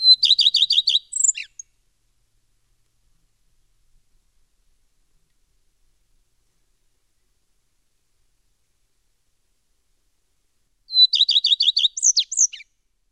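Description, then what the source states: Common redstart song: two brief phrases separated by a long silence, each of quick whirring repeated notes and a short twittering ending. Sings very early in the morning before the dawn chorus begins; phrase opens with a thin note, then whirring tones, then formless twittering.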